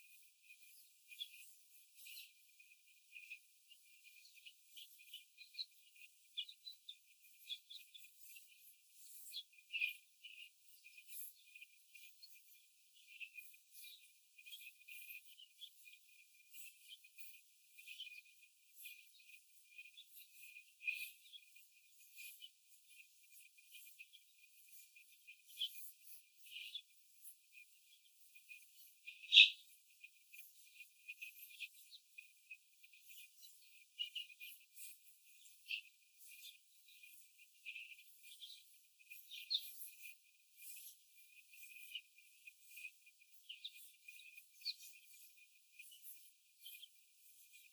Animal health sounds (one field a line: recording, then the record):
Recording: young laying hens in a cage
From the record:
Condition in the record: after the stressor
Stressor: simulated dog barking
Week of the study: 4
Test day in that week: 1